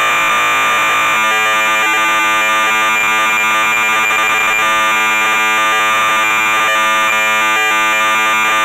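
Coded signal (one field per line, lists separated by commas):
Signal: computer data on cassette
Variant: MSX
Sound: harsh continuous buzzing screech, rapidly warbling between two pitches, like a loud alarm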